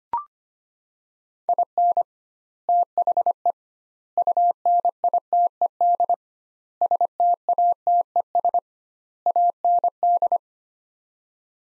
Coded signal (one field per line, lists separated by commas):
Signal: Morse code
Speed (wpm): 25 wpm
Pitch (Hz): 700 Hz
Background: none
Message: IN THE UNITED STATES AND